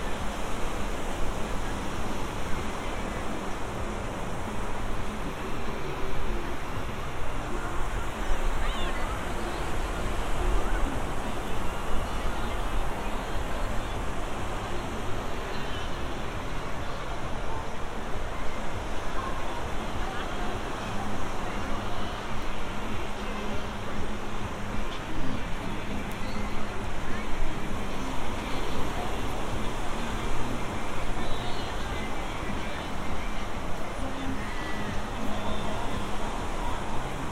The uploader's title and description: Santa Monica Pier. A binaural field recording — a walk on the beach; under the pier; a few hundred yards and back again; up to the pier; watching the bumper cars, the roller coasters